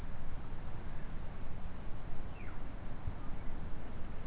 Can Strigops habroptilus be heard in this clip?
no